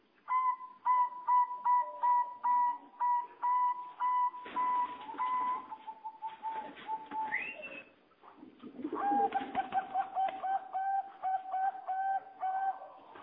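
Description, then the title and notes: Bird song starting with a fast series of short, bright whistles, then a rough, busier stretch, followed by lower whistled notes repeated quickly. "Bird Sound. Kicau Burung Lengkap"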